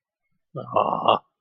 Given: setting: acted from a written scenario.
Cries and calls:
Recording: vocal sound without words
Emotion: disappointment

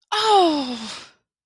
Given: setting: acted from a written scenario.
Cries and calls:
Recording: vocal sound without words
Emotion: disappointment

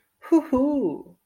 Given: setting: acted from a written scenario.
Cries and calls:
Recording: vocal sound without words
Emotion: elation

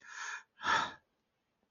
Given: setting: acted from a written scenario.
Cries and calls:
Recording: vocal sound without words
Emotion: fear

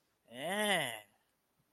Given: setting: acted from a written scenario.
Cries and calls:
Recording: vocal sound without words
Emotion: disgust

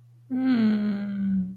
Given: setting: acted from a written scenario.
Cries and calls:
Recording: vocal sound without words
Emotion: sadness

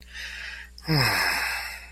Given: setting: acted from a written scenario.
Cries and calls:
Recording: vocal sound without words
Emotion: romantic love

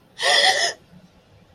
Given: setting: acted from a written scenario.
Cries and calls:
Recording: vocal sound without words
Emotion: fear

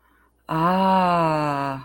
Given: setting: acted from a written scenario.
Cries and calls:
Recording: vocal sound without words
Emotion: realization

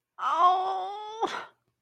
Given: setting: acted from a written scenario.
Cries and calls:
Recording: vocal sound without words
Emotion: pain

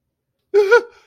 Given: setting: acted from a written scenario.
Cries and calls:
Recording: vocal sound without words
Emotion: negative surprise

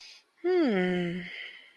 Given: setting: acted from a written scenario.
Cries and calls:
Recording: vocal sound without words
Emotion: romantic love

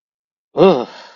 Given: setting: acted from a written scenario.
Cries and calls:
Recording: vocal sound without words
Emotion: disgust

